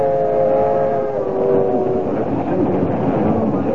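A passenger train with a dining car rumbles steadily along the rails, a dense low roar with faint tonal whines drifting above it, continuous and loud throughout with no voices.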